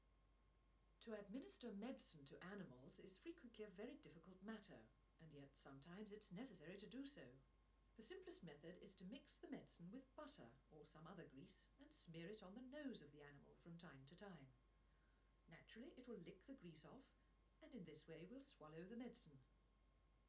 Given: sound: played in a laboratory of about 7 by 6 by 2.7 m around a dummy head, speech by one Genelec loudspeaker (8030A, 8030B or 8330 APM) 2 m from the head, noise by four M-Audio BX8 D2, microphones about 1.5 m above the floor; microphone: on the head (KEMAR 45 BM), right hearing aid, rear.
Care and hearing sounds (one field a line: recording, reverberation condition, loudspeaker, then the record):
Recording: female speech in English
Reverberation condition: low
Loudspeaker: behind (180 degrees)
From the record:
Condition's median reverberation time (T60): about 310 ms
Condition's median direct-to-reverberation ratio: about 3.5 dB